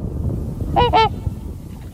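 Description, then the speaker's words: Trumpeter swans giving rich, nasal, horn-like honks, two quick calls followed by another, over a low rumble of background noise. About 200 swans roosting on a pond, on the water and the ice edges, waking about an hour after sunrise; the call is rich and trumpet-like. "The trumpeter swan has this really rich trumpet-like call."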